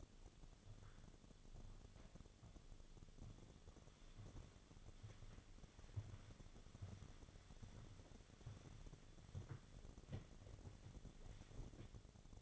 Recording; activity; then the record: daily activity, microphone in the room; walk to room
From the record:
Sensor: 4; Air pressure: 1000.8 hPa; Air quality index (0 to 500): 117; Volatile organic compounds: 1 ppm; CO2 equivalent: 887 ppm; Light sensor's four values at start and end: 66/164/70/75 and 59/147/62/67